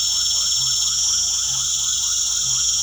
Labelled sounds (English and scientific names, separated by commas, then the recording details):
none
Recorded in pastures near Puerto Asís, Putumayo, Colombia, on 8 March 2025 at 19:00
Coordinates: 0.497, -76.327
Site G072